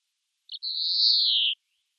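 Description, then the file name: European greenfinch producing a quick introductory chip followed by a single prolonged wheezing buzz that sags slightly in pitch toward its end, in otherwise total quiet. "Chloris chloris"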